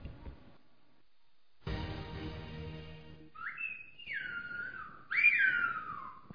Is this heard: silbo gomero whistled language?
yes